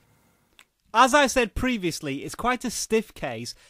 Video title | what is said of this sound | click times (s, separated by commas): Samsung Galaxy S4 Minisuit Boldcase With Kickstand Review | so you can hearing a satisfying click when you pop it back into the case. | 0.6 s